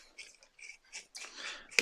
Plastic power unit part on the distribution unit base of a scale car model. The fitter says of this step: As you can hear, it's clicked into place nicely.